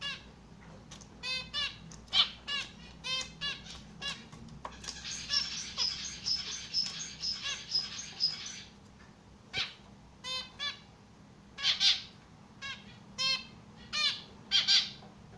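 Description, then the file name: Estrildid finches giving short nasal squeaky calls in irregular bursts, with a rapid buzzy chattering run in the middle, over a low steady hum. Amadinas biting and singing. "amadiny kusayut i poyut"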